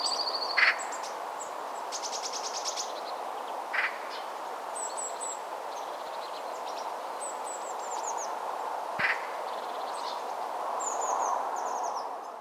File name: Pica pica